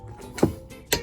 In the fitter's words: clicks. And that's